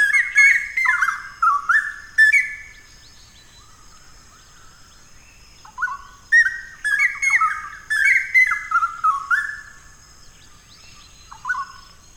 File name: Cucak Rawa